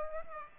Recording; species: mosquito wingbeat signal from an infrared sensor; Aedes aegypti